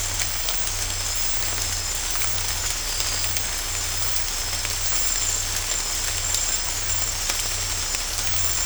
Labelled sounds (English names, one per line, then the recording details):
none
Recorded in dense forest near Puerto Asís, Putumayo, Colombia, on 15 December 2024 at 04:00
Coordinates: 0.503, -76.323
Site G043